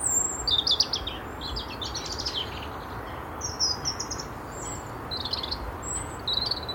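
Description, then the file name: European robin singing short, high, sweet warbles and drawn-out thin whistles, phrases separated by brief gaps, with constant low hiss underneath. "Erithacus rubecula"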